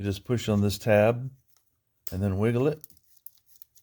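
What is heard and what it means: On a 2009 Chevy Malibu during spark plug replacement, the locking tab on a plastic wiring harness connector is pushed and the connector is wiggled loose from an ignition coil, unplugged to make the coil easier to lift out. Someone talks first, then after a pause a sharp click comes at 3.3 s, followed by faint small clicks. The connector is released.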